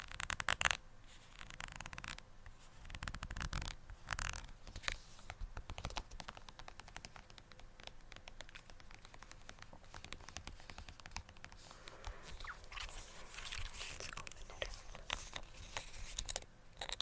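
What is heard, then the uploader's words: Makeup is unboxed up close, with a steady stream of sharp clicks, taps and crinkly rustles running through the whole clip. Louder bursts of handling come near the start and around four to six seconds, then the sounds thin into quicker, lighter ticking. ASMR Up-Close Makeup Unboxing Lots of Triggers (Brushing,Tapping, & MORE).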